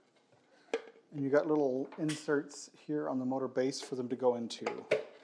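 Someone talks while handling the see-through plastic hopper of a 1990s Presto Tater Twister spiral vegetable cutter, lining up its locking tabs with the slots in the motor base. A single sharp tap sounds at about 0.7 s. Nothing has seated or clicked yet.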